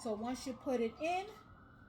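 Someone talks while handling a rack tier bar with a plastic locking clip, which goes into a hole in the metal frame of an adjustable metal pot organizer rack. The clip has not yet been snapped down, so nothing has seated or clicked yet.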